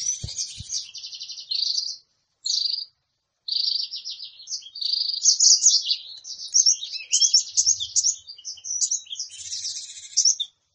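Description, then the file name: Sunbird song: a high, busy twittering of buzzy trills and sharp chirps with only brief breaks. Recording used to lure sunbirds. "suara burung madu untuk memancing bunyi"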